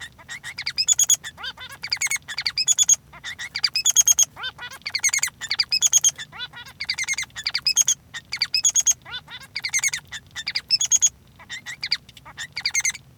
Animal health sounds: song of a male Bengalese finch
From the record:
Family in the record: son of father 3

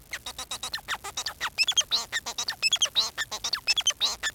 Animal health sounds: song of a male Bengalese finch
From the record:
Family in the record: son of father 4

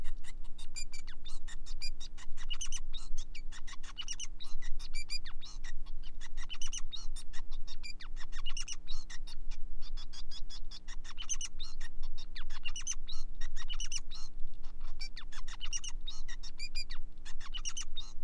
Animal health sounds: song of a male Bengalese finch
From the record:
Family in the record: son of father 5

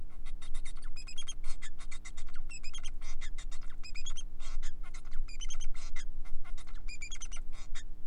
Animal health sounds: song of a male Bengalese finch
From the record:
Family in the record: son of father 4

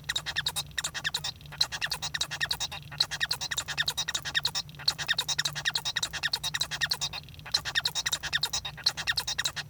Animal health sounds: song of a male Bengalese finch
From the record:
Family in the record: son of father 1

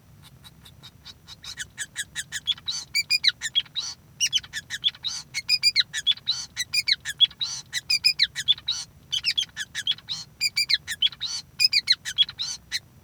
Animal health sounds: song of a male Bengalese finch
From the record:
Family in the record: son of father 5

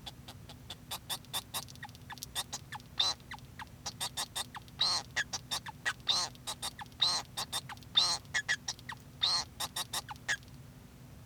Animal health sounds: song of a male Bengalese finch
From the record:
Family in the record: son of father 2

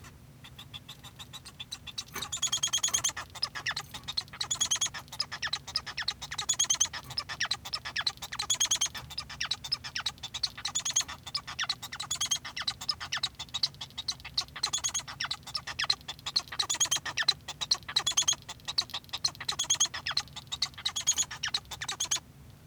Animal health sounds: song of a male Bengalese finch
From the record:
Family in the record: son of father 1

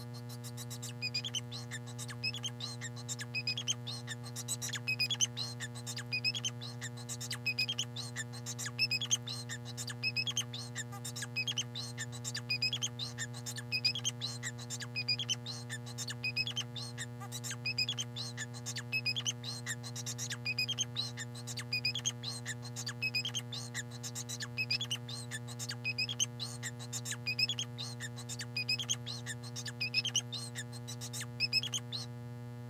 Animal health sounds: song of a male Bengalese finch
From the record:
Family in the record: son of father 4

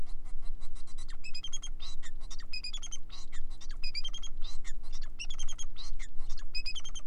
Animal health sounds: song of a male Bengalese finch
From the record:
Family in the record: son of father 4

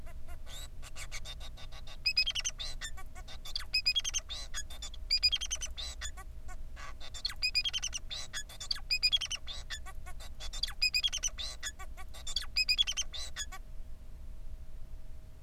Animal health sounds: song of a male Bengalese finch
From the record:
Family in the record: son of father 4

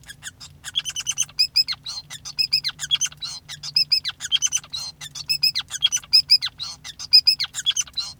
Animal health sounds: song of a male Bengalese finch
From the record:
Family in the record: son of father 5

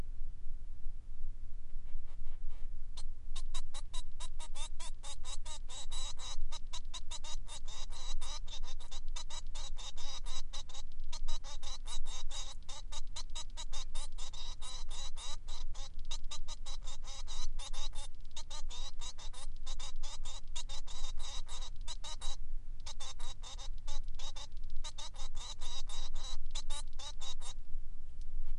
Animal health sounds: song of a male Bengalese finch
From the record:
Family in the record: son of father 3

